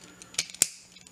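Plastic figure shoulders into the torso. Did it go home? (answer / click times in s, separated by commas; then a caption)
yes / 0.6 s. The plastic shoulders of a Transformers Power of the Prime Outback figure are raised and pushed into the torso during transformation. A light plastic knock at 0.4 s and a faint tick at 0.5 s come before a sharp, bright click at 0.6 s, the loudest sound in the clip. The shoulder joint clips into place.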